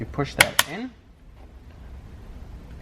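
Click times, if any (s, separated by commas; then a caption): none. Someone talks briefly while a new clock spring, already lined up, is pushed onto the steering column of a 2013-2021 Mitsubishi Outlander. After that, only a low, quiet background hum remains. The clock spring has not clicked into place or seated yet.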